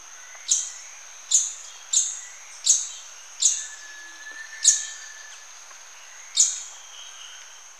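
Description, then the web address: Scaly-throated foliage-gleaner giving sharp, high, clipped call notes at irregular intervals, over a steady thin high tone. Recorded in Ecuador. "Birds of Ecuador. Scaly-throated Foliage-gleaner"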